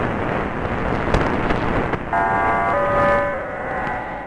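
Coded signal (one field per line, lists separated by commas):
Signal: numbers station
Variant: HM01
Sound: radio static with clicks, then a chord of steady tones that shifts twice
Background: radio static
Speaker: Esa era la señal de una emisora de números en español seguidos de tonos largos en los 5855 khz captada en Venezuela Según dicen es la estación espía cubana catalogada como hm01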